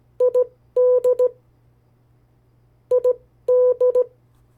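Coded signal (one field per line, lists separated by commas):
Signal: Morse code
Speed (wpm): 18 wpm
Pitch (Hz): 500 Hz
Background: none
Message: ID ID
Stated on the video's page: CW practice of the 50 state abbreviations sent at variable speeds.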